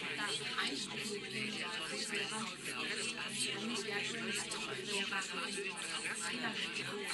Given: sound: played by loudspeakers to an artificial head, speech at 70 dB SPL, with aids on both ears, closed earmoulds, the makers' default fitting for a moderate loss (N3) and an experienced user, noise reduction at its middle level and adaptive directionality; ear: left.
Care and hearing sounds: speech test signal (ISTS) in cocktail-party noise; -6 dB; on the right (90 degrees)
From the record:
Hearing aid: class 1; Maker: E

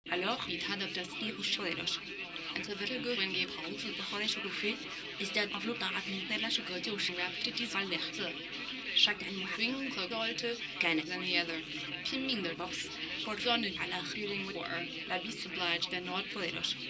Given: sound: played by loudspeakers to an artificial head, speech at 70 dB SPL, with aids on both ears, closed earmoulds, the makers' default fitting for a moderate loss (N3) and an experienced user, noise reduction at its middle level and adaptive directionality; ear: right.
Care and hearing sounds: speech test signal (ISTS) in cocktail-party noise; +6 dB; in front (0 degrees)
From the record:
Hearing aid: class 2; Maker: D

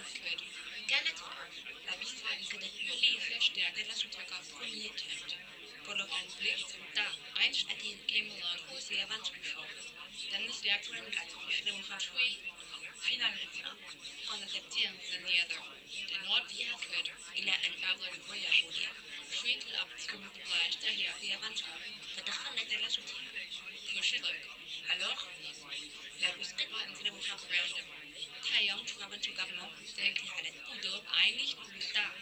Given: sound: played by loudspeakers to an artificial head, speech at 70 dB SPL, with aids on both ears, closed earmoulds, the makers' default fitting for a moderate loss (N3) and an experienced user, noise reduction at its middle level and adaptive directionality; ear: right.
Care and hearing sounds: speech test signal (ISTS) in cocktail-party noise; -3 dB; on the right (90 degrees)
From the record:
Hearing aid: class 1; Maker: I

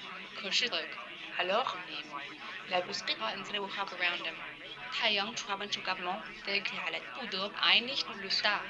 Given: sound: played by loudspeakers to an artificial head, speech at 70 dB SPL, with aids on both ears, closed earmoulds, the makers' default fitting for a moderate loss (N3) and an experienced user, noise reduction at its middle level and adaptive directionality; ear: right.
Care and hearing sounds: speech test signal (ISTS) in cocktail-party noise; 0 dB; on the right (90 degrees)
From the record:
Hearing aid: class 1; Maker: F

